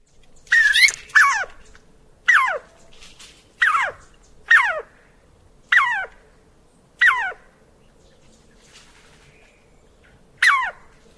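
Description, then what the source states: Squirrel calls: sharp, harsh downward-sweeping barks, some doubled, about eight in irregular bursts with quiet gaps and a faint steady background hum. In a forest.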